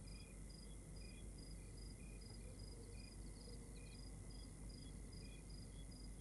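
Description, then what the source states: Crickets chirp in short repeated pulses at several pitches over a steady high whine and a low rumbling background hiss. Exterior night ambience recorded in Rwanda.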